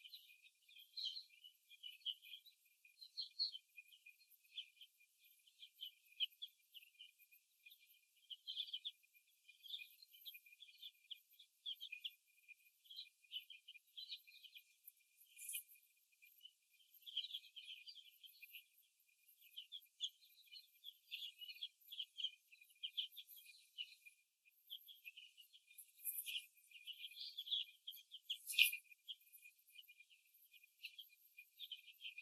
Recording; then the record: young laying hens in a cage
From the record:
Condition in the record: before the stressor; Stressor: simulated dog barking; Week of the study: 2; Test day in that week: 3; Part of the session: 4